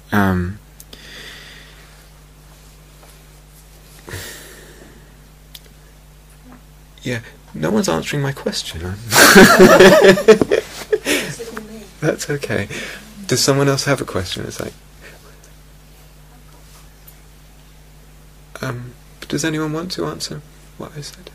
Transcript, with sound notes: Yeah? Yeah... no one's answering my question! [laughter] That's okay. Does someone else have a question? Does anyone want to answer what I said?